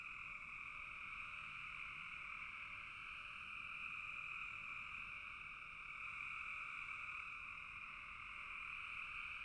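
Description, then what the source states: Frogs calling together in a thick, unbroken wall of sound, high and steady from start to finish. Frogs calling in a bog.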